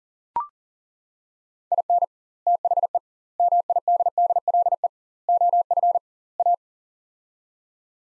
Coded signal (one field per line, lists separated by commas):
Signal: Morse code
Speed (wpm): 40 wpm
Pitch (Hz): 700 Hz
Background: none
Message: IN THE MIDDLE OF A